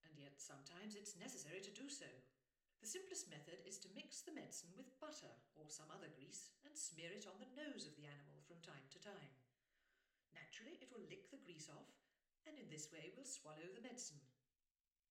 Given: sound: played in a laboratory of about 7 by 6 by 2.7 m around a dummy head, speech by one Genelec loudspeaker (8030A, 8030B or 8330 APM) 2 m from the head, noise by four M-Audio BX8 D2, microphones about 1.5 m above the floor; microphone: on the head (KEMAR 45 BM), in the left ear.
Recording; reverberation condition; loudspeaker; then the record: female speech in English; medium; 60 degrees to the left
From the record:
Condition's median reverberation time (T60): about 510 ms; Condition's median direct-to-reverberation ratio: about -0.5 dB